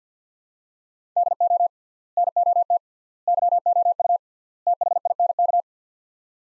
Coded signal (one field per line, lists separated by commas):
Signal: Morse code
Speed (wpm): 50 wpm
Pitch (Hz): 700 Hz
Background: none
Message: DO NOT YOU THINK